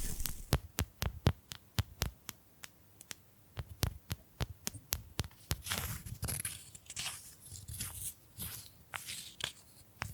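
Bamboo being tapped, with sharp dry clicks coming in quick, slightly irregular runs for the first half. After about six seconds, brighter rasping scratches and brushing strokes blend in among the taps, giving a crinkly, crunchy texture until the end.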